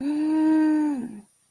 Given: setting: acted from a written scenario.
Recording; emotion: vocal sound without words; awe